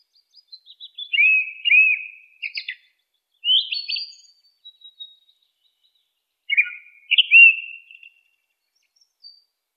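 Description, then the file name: Song thrush delivering repeated looping whistled notes, then sharp clicks, a brief high phrase, and after a pause another looping phrase. "suara-kicauan-burung-song-thrush -omkicau"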